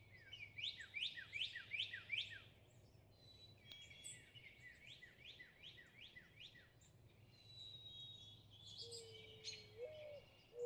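Northern cardinal song, two runs of repeated down-slurred whistles over a steady background hum, with other birds chirping and a low whistle near the end.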